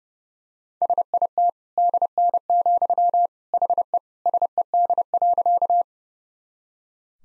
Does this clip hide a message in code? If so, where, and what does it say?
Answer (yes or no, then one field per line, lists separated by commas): yes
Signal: Morse code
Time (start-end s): 0.8-5.8 s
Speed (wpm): 30 wpm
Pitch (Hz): 700 Hz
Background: none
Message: SIT DN, HE SED.